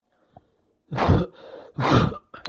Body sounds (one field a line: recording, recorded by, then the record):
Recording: voluntary cough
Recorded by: messaging app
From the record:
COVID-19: negative